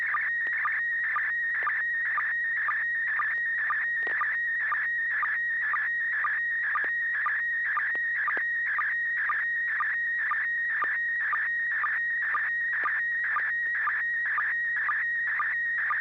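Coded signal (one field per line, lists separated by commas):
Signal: SSTV (slow-scan television)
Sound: warbling, scratchy tone with a steady rhythmic tick about twice a second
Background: low hum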